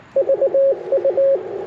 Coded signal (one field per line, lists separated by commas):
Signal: Morse code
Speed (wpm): 22 wpm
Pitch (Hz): 590 Hz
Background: radio noise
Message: VU